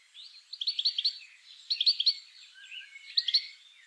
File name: Carduelis carduelis